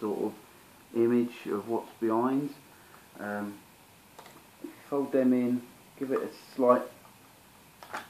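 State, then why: Seated. Someone talks while folding the plastic wing mirror, mirrored on its back, inward on the cab of a die-cast Siku JCB 8250 model tractor and giving it a slight push. Two small clicks are heard at 7.8 s and 8.0 s as the mirror snaps into its detent and seats in the folded position.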